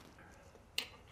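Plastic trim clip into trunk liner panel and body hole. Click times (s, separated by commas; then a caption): 0.8 s. A plastic push clip on the trunk liner trim of a 2022 Kia K5 EX Premium is pressed back into its hole in the car body. After quiet low background noise, a single sharp snap is heard at 0.8 s, and the clip seats back in.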